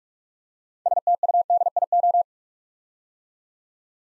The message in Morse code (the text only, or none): STUDIO